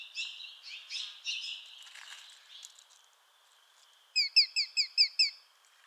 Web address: sound Sharp-shinned-hawk. صدای-پرنده-باز-ساقتیز